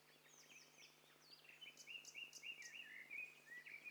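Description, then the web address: Several birds calling together, quick chirps and whistled notes overlapping, busier in the second half. Mixture of several birds, in stereo. "STEREO BIRD COCKTAIL PARTY"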